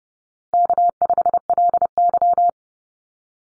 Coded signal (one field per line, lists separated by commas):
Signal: Morse code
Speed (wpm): 30 wpm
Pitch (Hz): 700 Hz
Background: none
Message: K5LY